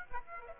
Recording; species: mosquito wingbeat signal from an infrared sensor; Aedes aegypti